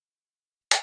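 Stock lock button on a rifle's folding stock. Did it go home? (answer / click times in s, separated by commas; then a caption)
yes / 0.7 s. The lock button on an AR-15 folding stock is pressed in until it snaps into place behind a small ledge. After silence, a single sharp, bright click lands at 0.7 s and fades within about a tenth of a second. The button is seated.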